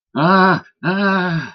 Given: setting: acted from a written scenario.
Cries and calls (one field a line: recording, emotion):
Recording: vocal sound without words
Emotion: fear